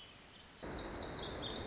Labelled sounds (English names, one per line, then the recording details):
Pacific Wren
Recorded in Sonoma County, California